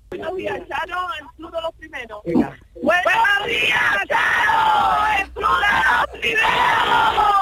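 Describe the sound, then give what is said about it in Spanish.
After a brief stretch of talking, a group of women workers bursts into a loud, high-pitched shouted farewell cheer together on Canal Sur Radio's El club de los primeros, held in long sustained yells broken by two short pauses. “Bueno, ¿me queréis despedir con un grito de guerra o no sé, un buenos días, hasta luego, algo así, entre todas?”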